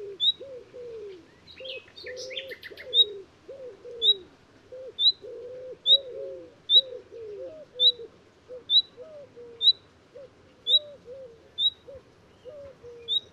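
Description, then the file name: Common nightingale repeating thin rising whistles roughly every second, with a brief burst of scratchy notes early on, over a steady background of low, wavering cooing calls. "Luscinia megarhynchos"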